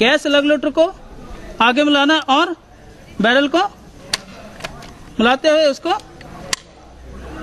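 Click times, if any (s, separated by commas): 6.5 s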